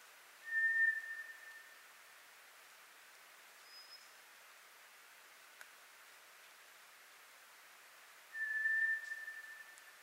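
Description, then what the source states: White's thrush giving two long, flat, ghostly whistles about eight seconds apart, with one faint, higher whistle in the gap and a steady soft hiss. Recorded on 24 April 2010; Japanese name toratugumi.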